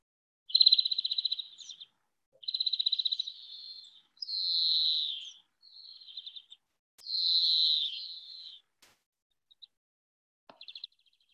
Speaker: And here's a song of a greenfinch who you can hear now in Sfat.